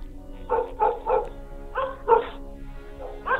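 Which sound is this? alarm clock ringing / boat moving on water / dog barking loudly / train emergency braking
dog barking loudly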